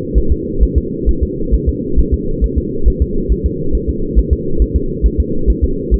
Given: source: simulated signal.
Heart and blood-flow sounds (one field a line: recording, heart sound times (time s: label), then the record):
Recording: fetal heart sounds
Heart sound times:
0.18 s: S1
0.32 s: S2
0.63 s: S1
0.78 s: S2
1.09 s: S1
1.23 s: S2
1.54 s: S1
1.69 s: S2
1.99 s: S1
2.14 s: S2
2.44 s: S1
2.58 s: S2
2.88 s: S1
3.02 s: S2
3.32 s: S1
3.46 s: S2
3.75 s: S1
3.89 s: S2
4.19 s: S1
4.33 s: S2
4.62 s: S1
4.76 s: S2
5.06 s: S1
5.20 s: S2
5.50 s: S1
5.64 s: S2
5.94 s: S1
From the record:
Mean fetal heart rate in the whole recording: 135 bpm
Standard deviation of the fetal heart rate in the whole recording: 3 bpm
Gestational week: 34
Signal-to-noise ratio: -8.1 dB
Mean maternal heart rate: 72 bpm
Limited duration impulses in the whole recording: absent